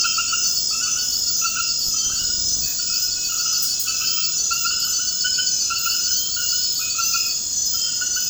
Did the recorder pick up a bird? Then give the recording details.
no. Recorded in dense forest near Puerto Asís, Putumayo, Colombia, on 19 February 2024 at 00:00. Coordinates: 0.472, -76.329. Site G6394